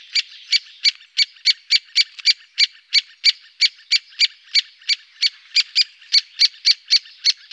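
Great spotted woodpecker calling, sharp metallic 'kik' notes repeated about three times a second in a long, fairly even series.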